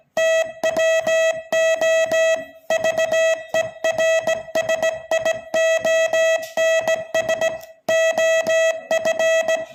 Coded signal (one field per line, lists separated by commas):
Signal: Morse code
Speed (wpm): 16 wpm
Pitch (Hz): 650 Hz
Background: none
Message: TWO VERSIONS OF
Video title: Morse code signalling at 20 words per minute